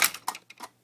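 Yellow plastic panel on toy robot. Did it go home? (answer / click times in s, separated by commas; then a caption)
no / none. A DX Gokaioh toy robot is tilted or pushed to the right, triggering a mechanism that opens all its plastic hatches at once, making a quick burst of short, bright plastic clacks and rattles over under a second. The yellow plastic panel fails to lock in place; nothing has clicked or locked.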